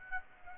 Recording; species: mosquito wingbeat signal from an infrared sensor; Aedes aegypti